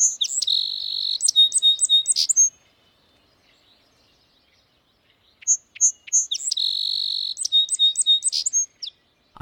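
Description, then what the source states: Song Sparrow song given twice: a few sharp introductory notes, then buzzy repeated notes and a quick jumbled ending, with silence between the two songs. Recorded at the U.S. Forest Service Headquarters, Randolph, West Virginia, United States.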